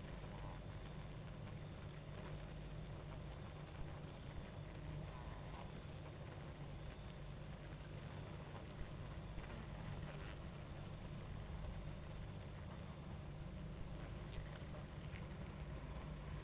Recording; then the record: honeybee colony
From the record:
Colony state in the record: active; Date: 28 July 2017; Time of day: 21:33